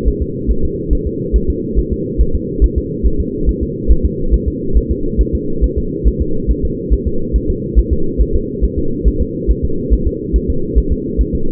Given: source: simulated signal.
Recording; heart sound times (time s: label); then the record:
fetal heart sounds
0.08 s: S1
0.22 s: S2
0.51 s: S1
0.65 s: S2
0.93 s: S1
1.07 s: S2
1.36 s: S1
1.50 s: S2
1.79 s: S1
1.93 s: S2
2.21 s: S1
2.35 s: S2
2.64 s: S1
2.78 s: S2
3.06 s: S1
3.20 s: S2
3.49 s: S1
3.63 s: S2
3.91 s: S1
4.05 s: S2
4.34 s: S1
4.48 s: S2
4.77 s: S1
4.91 s: S2
5.21 s: S1
5.35 s: S2
5.64 s: S1
5.78 s: S2
6.08 s: S1
6.22 s: S2
6.51 s: S1
6.65 s: S2
6.93 s: S1
7.07 s: S2
7.36 s: S1
7.50 s: S2
7.79 s: S1
7.93 s: S2
8.21 s: S1
8.35 s: S2
8.64 s: S1
8.78 s: S2
9.08 s: S1
9.22 s: S2
9.51 s: S1
9.65 s: S2
9.93 s: S1
10.07 s: S2
10.36 s: S1
10.50 s: S2
10.78 s: S1
10.92 s: S2
11.21 s: S1
11.35 s: S2
From the record:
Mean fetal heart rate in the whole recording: 140 bpm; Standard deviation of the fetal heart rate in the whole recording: 2 bpm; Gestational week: 34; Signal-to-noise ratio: -8.1 dB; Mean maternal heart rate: 72 bpm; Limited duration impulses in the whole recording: present